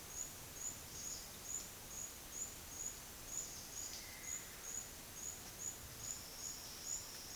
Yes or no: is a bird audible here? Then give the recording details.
no. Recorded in secondary vegetation near Puerto Asís, Putumayo, Colombia, on 20 February 2024 at 11:00. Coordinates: 0.472, -76.331. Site G6371